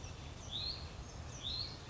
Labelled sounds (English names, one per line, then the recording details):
Hutton's Vireo
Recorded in Sonoma County, California